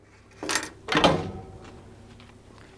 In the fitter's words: so that went click I can now pull this across